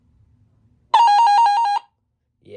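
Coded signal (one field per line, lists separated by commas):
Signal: none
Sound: weather radio alert beeps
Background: speech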